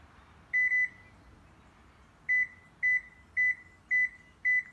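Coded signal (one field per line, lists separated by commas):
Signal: beep code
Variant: K5OS CAN bus module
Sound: steady high beeps: two quick ones, a pause, then five evenly spaced beeps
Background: quiet room hum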